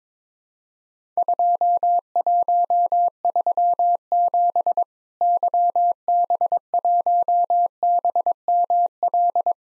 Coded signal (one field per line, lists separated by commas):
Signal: Morse code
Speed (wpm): 23 wpm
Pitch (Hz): 700 Hz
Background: none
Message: 2137 YB1BML